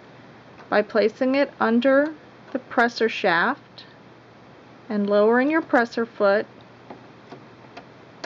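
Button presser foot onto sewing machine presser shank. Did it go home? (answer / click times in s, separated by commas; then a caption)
yes / 8.2 s. A metal and plastic button presser foot is placed under the presser shaft of a Singer Quantum Stylist 9960 sewing machine, and the presser foot lever is lowered onto it while someone talks. A few faint ticks follow the speech. A sharp click at 8.2 s marks the foot snapping onto the presser shank and seating in place.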